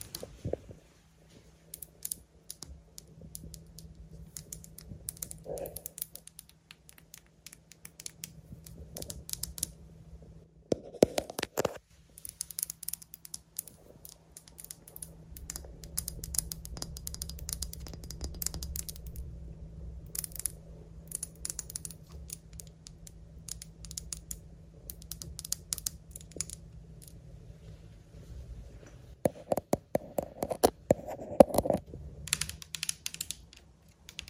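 Tapping and scratching on a lens, a steady run of small dry clicks and taps that thin out and cluster again. A low steady hum runs underneath throughout, with a few louder bumps near 11 seconds and around 30 seconds.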